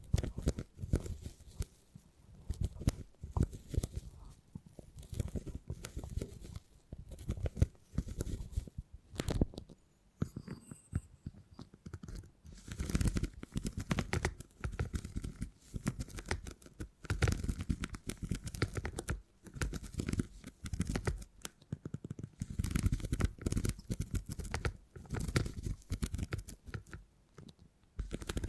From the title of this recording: Brain Tingly Sounds Using Beeswax